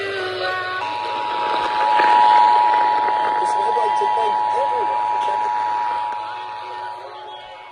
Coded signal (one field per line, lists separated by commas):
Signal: Emergency Alert System (SAME) tones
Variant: 853 and 960 Hz attention tone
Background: speech, music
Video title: I FREAK KUHT I FOUND TV RADIO... EAS Alerts From 4/20/25 - 4/21/25 (EAS#3,365 - #3,411)